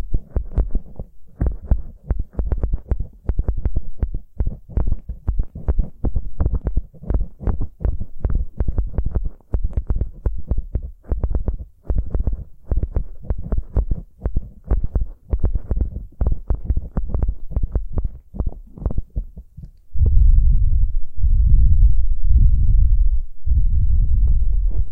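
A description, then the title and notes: Rapid, dense thumping of an ear being picked, like a simulated heartbeat, with sharp low taps crowding close together for about twenty seconds. Near the end the taps give way to a louder, steadier muffled rumble that swells and dips in slow pulses. Pure ear picking, heartbeat simulation.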